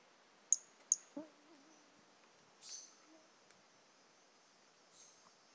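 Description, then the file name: Brachycephalus mirissimus calling: two sharp high chirps, then a longer buzzy high note and a fainter one, with a brief low tonal sound after the chirps. Individual 01 of Brachycephalus mirissimus, recorded 18 January 2018; the frog was not collected. "Brachycephalus mirissimus 18 jan 2018 individual 01 ex 02 not collected"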